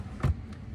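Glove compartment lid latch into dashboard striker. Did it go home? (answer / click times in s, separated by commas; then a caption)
no / none. A plastic glove compartment lid on a 2020 Tesla Model 3 is pushed closed toward its dashboard latch striker, giving a dull bump at about 0.2 s and a fainter knock at about 0.5 s. The lid does not latch and stays open, and nothing has clicked or seated.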